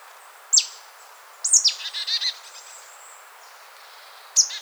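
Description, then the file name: Marsh tit giving sharp, falling high notes, one of them followed by a short series of harsh, buzzy notes. "Poecile palustris"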